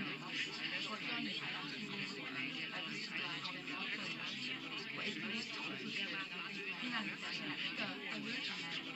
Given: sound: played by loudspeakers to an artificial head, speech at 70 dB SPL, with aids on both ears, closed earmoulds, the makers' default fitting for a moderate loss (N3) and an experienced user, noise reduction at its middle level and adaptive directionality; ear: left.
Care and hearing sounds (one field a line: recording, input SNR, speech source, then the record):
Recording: speech test signal (ISTS) in cocktail-party noise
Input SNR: -3 dB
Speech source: on the right (90 degrees)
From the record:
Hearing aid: class 1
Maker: D